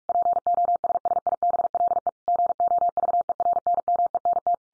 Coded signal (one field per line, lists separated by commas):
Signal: Morse code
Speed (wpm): 44 wpm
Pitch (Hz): 700 Hz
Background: none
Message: POSSIBLE GOVERNMENT